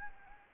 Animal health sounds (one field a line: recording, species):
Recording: mosquito wingbeat signal from an infrared sensor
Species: Anopheles arabiensis